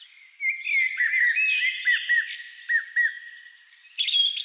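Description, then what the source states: Thrush singing clear whistled notes, short down-curved notes in repeated pairs over a steady background of song, then a bright chirping burst near the end. Thrushes at dusk.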